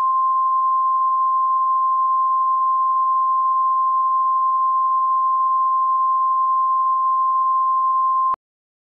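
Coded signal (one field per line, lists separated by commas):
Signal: Emergency Alert System (SAME) tones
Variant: 1050 Hz attention tone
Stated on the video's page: Fictional EAS scenario based mostly on the film "Hard Rain."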